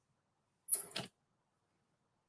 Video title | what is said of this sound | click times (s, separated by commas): CNA Essentials: Transfers, Feeding & Peri Care! Live Class 🦽🍽️ | hear that lock | 1.0 s